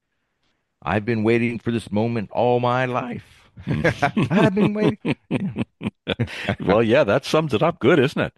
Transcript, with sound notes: I've been waiting for this moment all my life." (laughs) I've been waiting. Yeah. Well, yeah, that sums it up good, isn't it?